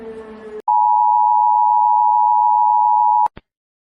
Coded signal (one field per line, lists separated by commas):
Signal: Emergency Alert System (SAME) tones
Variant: 853 and 960 Hz attention tone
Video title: 31 New EAS Alarm Requested By @MontyMoleIsBack